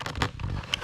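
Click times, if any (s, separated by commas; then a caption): none. The plastic center-console cup holder in an Acura Legend armrest is pushed back toward its retracted position, producing a few short, sharp knocks and rattles. Nothing latches or clicks into place; the cup holder fails to latch.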